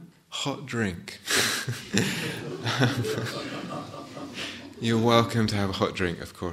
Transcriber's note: laughter